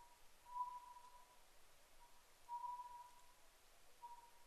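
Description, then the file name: Oriental scops owl, a few whistled phrases of a short note and a held note, about two seconds apart. Recorded 10 May 2010 at 01:03. "konohazuku-20100510-0103"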